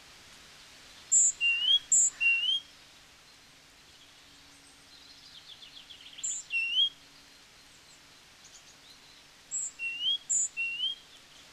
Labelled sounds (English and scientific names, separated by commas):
Great Tit (Parus major) song